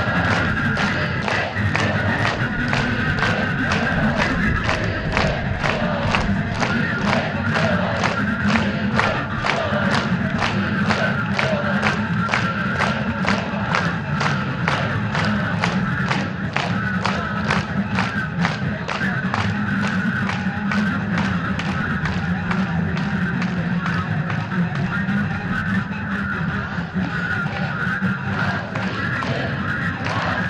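A protest in Belarus: a dense crowd fills the whole half-minute with a steady roar of many voices. Sharp rhythmic claps or thumps repeat at a fast, even pace throughout, likely unison clapping, over constant murmuring and occasional shouts.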